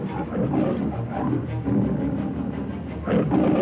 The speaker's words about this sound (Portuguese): Mowgli descansava quando escutou um rugido impressionante.